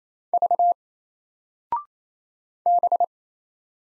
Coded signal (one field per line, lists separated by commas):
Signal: Morse code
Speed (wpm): 27 wpm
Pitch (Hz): 700 Hz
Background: none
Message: V B